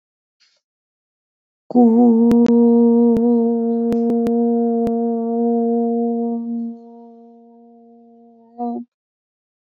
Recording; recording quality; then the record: sustained vowel as in boot; excellent, no background noise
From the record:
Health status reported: COVID-19 positive, mild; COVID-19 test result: positive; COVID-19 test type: RT-PCR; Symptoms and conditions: cold, sore throat, muscle pain, hypertension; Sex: female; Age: 52 years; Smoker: no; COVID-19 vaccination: both doses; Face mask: not worn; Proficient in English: yes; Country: India